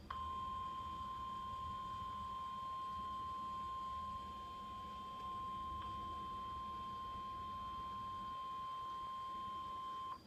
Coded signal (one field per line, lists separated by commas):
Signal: Emergency Alert System (SAME) tones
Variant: 1050 Hz attention tone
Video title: EAS #894: Severe Thunderstorm Warning (2/20/2014)